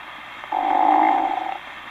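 A single drawn-out, mournful, tonal snore lasting about a second: a comic imitation by an adult of type 3A, the sad or melancholy snore.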